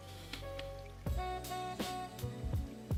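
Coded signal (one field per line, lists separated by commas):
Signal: none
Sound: game music beeps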